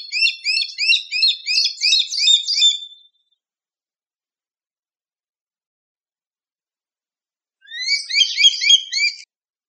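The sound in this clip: Bird giving rapid high chirping phrases, a burst of about three seconds, a long silence, then a second shorter burst of similar notes.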